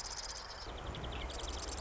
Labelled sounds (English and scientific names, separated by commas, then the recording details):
Marsh Wren (Cistothorus palustris)
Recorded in Sonoma County, California